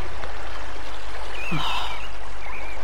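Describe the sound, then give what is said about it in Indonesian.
A river stream at the village of Cilimus flows with a steady, hissing rush of water, and a few brief whistling chirps rise over it around the middle before the flow continues alone. “Biasanya mereka sudah mulai mencuci, bersenda gurau di sungai ini.”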